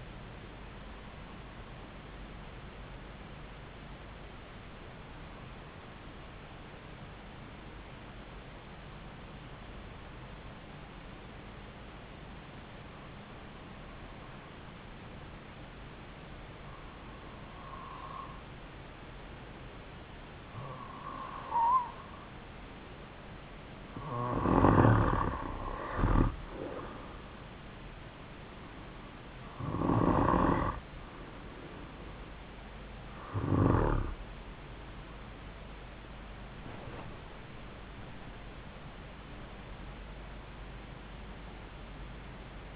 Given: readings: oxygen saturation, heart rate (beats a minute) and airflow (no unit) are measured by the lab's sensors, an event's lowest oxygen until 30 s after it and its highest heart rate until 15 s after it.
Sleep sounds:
breathing in sleep by a voice recorder at the bedside; 1
7.00-25.60 s: hypopnea (N2, oxygen 96% highest, then 93% lowest, heart rate 54 at the start, 61 highest)
From the record:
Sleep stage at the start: N2 (light sleep); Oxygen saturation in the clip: 93 to 96%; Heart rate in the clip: 52 to 61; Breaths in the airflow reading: 11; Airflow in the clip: -7.9 to 7.3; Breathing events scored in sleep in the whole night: 270 in 6.1 hours asleep

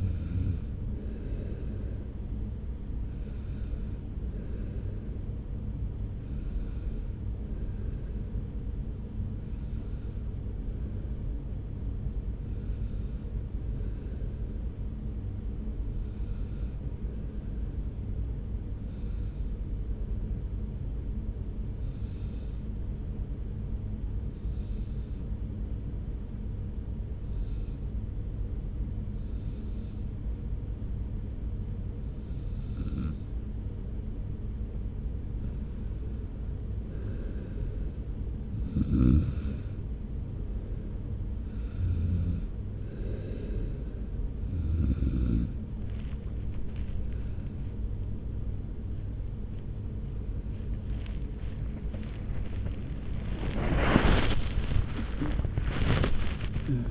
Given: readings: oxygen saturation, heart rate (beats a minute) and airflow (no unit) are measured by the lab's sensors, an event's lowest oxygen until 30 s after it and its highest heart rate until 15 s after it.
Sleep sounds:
breathing in sleep by a smartphone at the bedside; 1
15.00-37.70 s: hypopnea (N1, oxygen 97% highest, then 93% lowest)
41.00-56.91 s: new sleep stage, awake
From the record:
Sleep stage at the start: N1 (lightest sleep); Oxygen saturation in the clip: 90 to 97%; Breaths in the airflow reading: 15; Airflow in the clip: -1.7 to 2.7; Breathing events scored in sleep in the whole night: 335 in 6.7 hours asleep

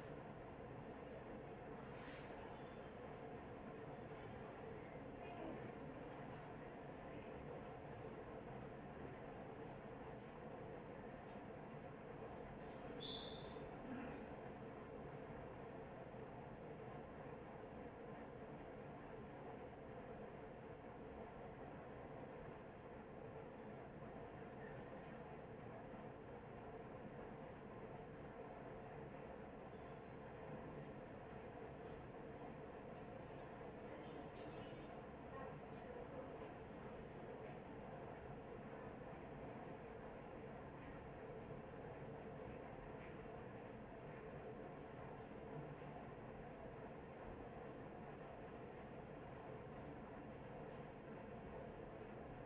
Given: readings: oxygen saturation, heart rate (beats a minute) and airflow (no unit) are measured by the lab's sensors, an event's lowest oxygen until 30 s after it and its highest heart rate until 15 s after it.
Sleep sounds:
a person awake in a sleep study, by a smartphone at the bedside; none
0.00-52.46 s: awake
0.00-52.46 s: awake
From the record:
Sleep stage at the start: awake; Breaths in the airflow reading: 20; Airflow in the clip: -0.7 to 0.6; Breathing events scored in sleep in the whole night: 263 in 5.5 hours asleep

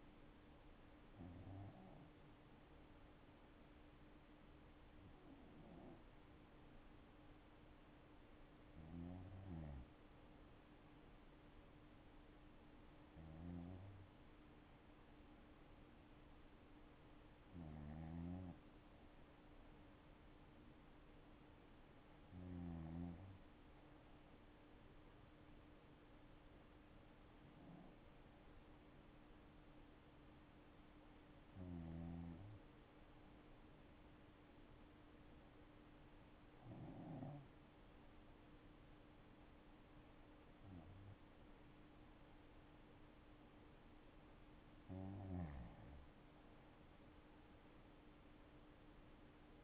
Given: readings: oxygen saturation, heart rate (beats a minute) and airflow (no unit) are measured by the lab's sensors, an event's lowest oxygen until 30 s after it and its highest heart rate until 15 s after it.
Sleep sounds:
breathing in sleep by a voice recorder at the bedside; none
28.00-49.64 s: new sleep stage, N3 (deep sleep)
From the record:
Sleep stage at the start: N2 (light sleep); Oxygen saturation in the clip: 94 to 95%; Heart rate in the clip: 59 to 69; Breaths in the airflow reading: 11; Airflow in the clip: -6.1 to 8.1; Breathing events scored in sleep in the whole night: 228 in 5.4 hours asleep

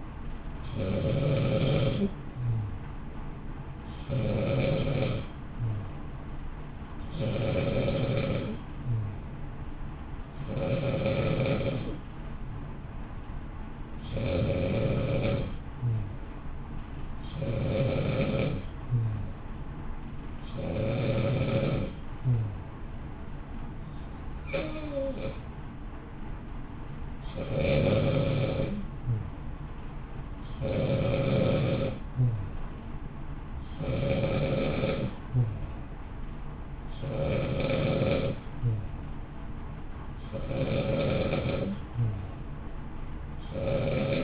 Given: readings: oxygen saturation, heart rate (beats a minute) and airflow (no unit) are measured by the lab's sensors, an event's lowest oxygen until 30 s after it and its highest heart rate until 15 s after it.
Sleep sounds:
breathing in sleep by a smartphone at the bedside; 1
17.00-34.30 s: hypopnea (N2, oxygen 93% highest, then 91% lowest, heart rate 56 at the start, 58 highest)
From the record:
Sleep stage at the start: N2 (light sleep); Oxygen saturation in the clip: 92 to 94%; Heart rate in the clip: 54 to 60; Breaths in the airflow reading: 18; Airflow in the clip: -0.7 to 0.6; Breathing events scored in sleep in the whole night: 328 in 6.3 hours asleep

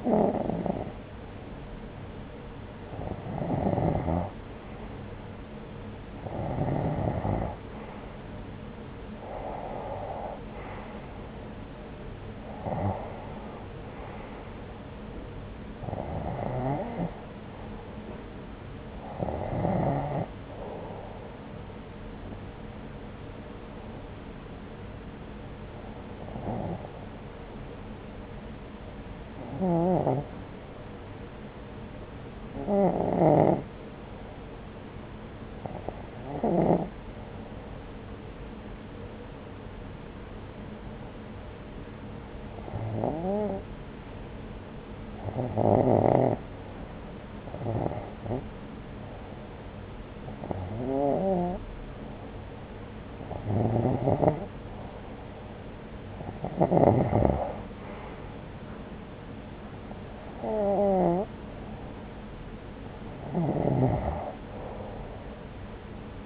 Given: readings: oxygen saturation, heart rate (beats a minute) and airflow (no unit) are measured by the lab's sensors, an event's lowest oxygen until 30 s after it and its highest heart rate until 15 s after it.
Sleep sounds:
breathing in sleep by a voice recorder at the bedside; 1
26.00-57.10 s: hypopnea (REM, oxygen 93% highest, then 89% lowest)
From the record:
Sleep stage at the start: REM sleep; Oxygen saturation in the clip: 89 to 93%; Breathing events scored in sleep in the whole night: 303 in 8.1 hours asleep

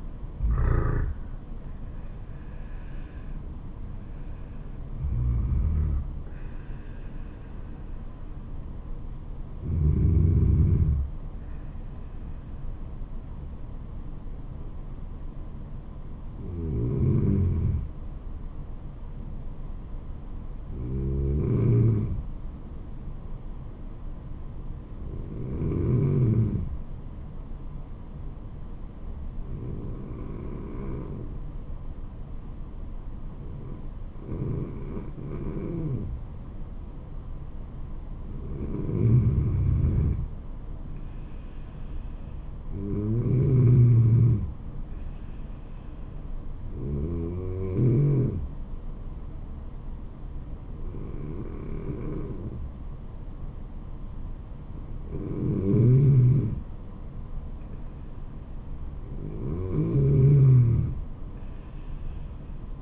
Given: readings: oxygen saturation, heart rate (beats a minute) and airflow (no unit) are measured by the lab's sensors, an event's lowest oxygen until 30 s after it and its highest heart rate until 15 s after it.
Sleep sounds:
breathing in sleep by a smartphone at the bedside; 1
1.00-31.00 s: new sleep stage, N1 (lightest sleep)
15.00-39.10 s: hypopnea (N1, oxygen 96% highest, then 90% lowest, heart rate 74 at the start, 77 highest)
31.00-62.82 s: new sleep stage, N2 (light sleep)
From the record:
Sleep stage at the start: N2 (light sleep); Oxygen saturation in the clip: 83 to 96%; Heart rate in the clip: 67 to 77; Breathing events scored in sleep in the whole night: 426 in 7.4 hours asleep

